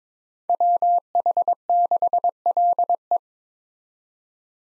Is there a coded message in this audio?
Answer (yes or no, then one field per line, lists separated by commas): yes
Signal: Morse code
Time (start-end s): 0.5-3.2 s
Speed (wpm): 22 wpm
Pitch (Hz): 700 Hz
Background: none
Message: WH6LE